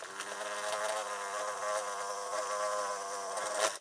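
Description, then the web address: Hornet wing buzz, a steady low droning hum rich in overtones that wavers slightly in loudness, swelling near the end before cutting off abruptly. Hornet taking off. "Blast Wave Update 2 Hornet Take Off"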